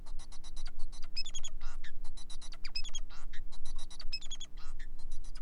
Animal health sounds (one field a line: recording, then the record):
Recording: song of a male Bengalese finch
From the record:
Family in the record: son of father 4